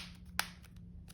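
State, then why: Seated. The plastic back cover of an Alcatel Go Flip 4 flip phone is pressed back on over the battery until it snaps into place, with a sharp click at 0.4 s. Smaller, quieter clicks follow at 0.7 s, 0.8 s and 1.1 s as the edges engage, and the cover is seated.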